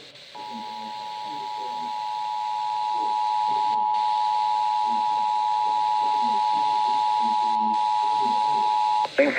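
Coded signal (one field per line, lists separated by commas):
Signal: Emergency Alert System (SAME) tones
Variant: 853 and 960 Hz attention tone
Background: speech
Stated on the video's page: Compilation of real EAS alerts received, including severe thunderstorm and flash flood warnings.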